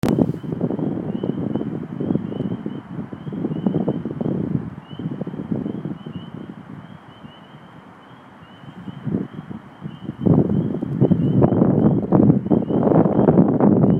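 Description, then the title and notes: Spring peeper chorus: a continuous high peeping throughout, with bursts of wind rumble and rustling that swell near the end. Field recording made 17 April 2011. "A field recording of peepers from 4/17/11."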